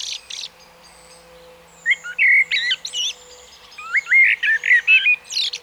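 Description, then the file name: Common blackbird song: a few thin high notes at the start, then two rich whistled phrases with rapid rising and falling notes and high squeaky endings. "Turdus merula"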